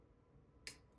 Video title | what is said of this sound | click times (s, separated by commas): Light as a Feather! - Vero Lux Mini | clicks into place Acoustics are perfect so far everything on this knife is | 0.7 s